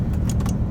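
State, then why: Torque reached. A click-type torque wrench tightens a bridge cap bolt into the cam housing of a Detroit DD15 engine to 20 ft-lb over a steady low hum. Its sharp clicks come at 0.3 and 0.5 seconds, showing the bolt has reached torque, and a third similar click follows near 0.7 seconds.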